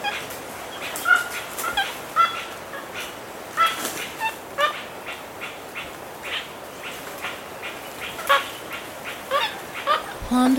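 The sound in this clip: Wedge-capped capuchin calls: short high chirps and squeaks, roughly one a second in uneven bursts, ending with a lower, harsher note.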